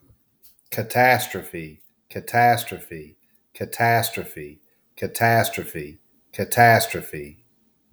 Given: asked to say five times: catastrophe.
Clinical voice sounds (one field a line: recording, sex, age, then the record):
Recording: repeated word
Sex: male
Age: 40 to 49 years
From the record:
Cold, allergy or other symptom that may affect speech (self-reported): no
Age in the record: 46 years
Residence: West Virginia, United States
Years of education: 20